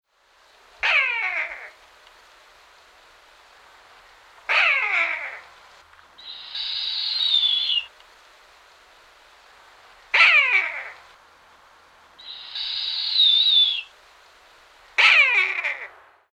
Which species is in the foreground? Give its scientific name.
Buteo rufinus